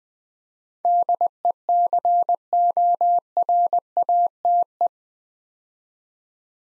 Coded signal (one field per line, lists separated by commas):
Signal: Morse code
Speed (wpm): 20 wpm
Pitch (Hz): 700 Hz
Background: none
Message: DECORATE